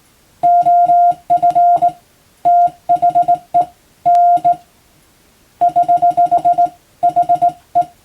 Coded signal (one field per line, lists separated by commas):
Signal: Morse code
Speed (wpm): 20 wpm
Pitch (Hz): 700 Hz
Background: none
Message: OF THE N <HH> HE